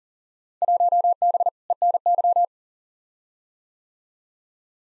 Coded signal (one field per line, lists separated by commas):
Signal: Morse code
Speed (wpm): 40 wpm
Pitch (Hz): 700 Hz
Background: none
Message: 1B ENY